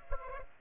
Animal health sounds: mosquito wingbeat signal from an infrared sensor; Aedes aegypti

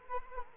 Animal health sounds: mosquito wingbeat signal from an infrared sensor; Anopheles arabiensis

